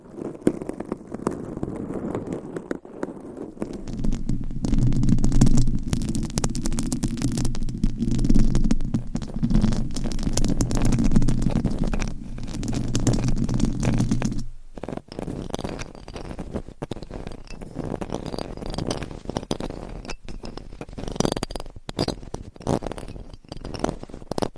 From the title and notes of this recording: Mic Scratching Battle with 100 Different MICS ! Bare VS Foam VS Fluffy Covers. No Talking.